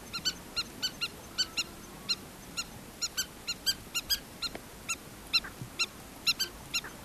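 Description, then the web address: Southern lapwing calls: sharp, ringing harmonic notes repeated roughly twice a second in an uneven run, over a quiet hiss. "earth naturelibrary assets s so southern lapwing"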